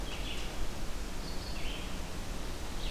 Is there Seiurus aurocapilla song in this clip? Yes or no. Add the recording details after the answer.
no. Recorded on 23 June 2016 at 08:33. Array SBT-6-76